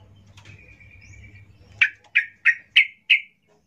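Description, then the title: Yellow-vented Bulbul calls: a thin level whistle, then five short, sharp notes spaced about a third of a second apart. Local name trucuk; vigorously singing (gacor) bird used as a lure (pancingan), described as ropel ngalas, to make other trucuk birds sing. "GACOR Ropel Ngalas Pancingan Trucukan Agar Bunyi Jadikan Burung Trucuk"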